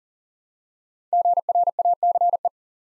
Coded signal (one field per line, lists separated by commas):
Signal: Morse code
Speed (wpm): 41 wpm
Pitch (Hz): 700 Hz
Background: none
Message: GRACE